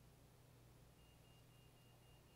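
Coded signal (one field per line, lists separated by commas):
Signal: none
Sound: connection chime beeps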